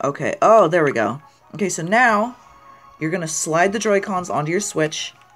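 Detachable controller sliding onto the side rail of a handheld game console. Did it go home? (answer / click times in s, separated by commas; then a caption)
no / none. Someone talks while a cleaned Joy-Con controller is about to be slid down the side rail of a Nintendo Switch handheld console; the click that shows it is seated and its contacts are clean is meant as proof. Only speech is heard, with no click. The clip ends before the controller goes home, so nothing has seated or clicked yet.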